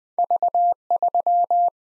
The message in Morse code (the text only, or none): V3